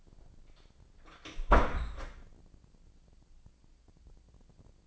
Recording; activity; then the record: daily activity, microphone in the room; close door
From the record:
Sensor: 5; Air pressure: 1009.3 hPa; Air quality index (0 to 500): 170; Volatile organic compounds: 2 ppm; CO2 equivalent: 1298 ppm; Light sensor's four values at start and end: 201/478/202/221 and 201/478/202/220